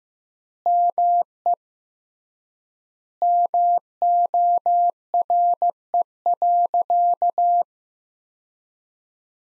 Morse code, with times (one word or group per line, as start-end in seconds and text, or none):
0.7-1.5 ME
3.2-7.6 MORE.